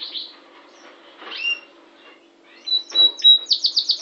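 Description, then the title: Yorkshire canary song: sparse notes, then three clear, steady high whistles and a quick trill of bright repeated chirps; low steady hum in the background. Described as gacor (singing vigorously and continuously). "Kenari Yorkshire FOI 2013 Gacor. HnR Kenari Sby."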